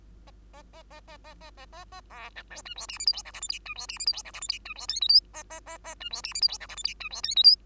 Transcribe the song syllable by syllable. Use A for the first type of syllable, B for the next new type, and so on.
A A A A A A A A A A B C D E F G H I J K L M N E F G H I J K L M N E F O P Q A A A A E F G H I J K L M N E F O P Q